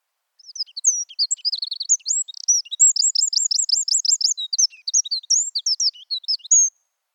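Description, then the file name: Eurasian wren song: a long, loud, high-pitched outpouring of varied twitters and fast repeated trilled notes lasting about six seconds, clean with no background sounds. "Troglodytes troglodytes"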